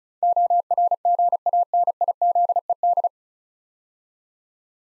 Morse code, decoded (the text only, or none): ORGANIZED